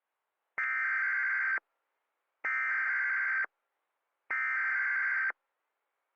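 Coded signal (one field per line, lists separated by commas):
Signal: Emergency Alert System (SAME) tones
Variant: header bursts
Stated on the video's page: EAS re-creation of a severe squall.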